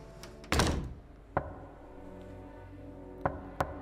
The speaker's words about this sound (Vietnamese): Bỗng nghe có tiếng gõ cửa nhẹ nhẹ vang lên.